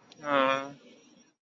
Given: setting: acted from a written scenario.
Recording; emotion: vocal sound without words; sympathy